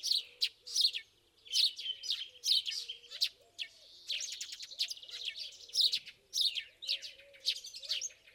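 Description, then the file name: House sparrow chirping in constant chattering, with low arched notes beneath throughout. "Passer domesticus"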